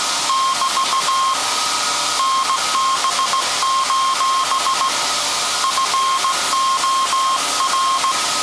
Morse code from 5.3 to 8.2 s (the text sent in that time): FOR